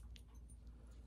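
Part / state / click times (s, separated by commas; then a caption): lock assembly into airsoft gun receiver against barrel / not seated / none. An airsoft lock assembly with its push rod is handled against the barrel inside the airsoft gun's receiver, ready to be pressed until it locks into place. A steady low hum runs throughout, with faint light metallic clinks of handling, the clearest near 0.2 s. Nothing has seated or clicked yet.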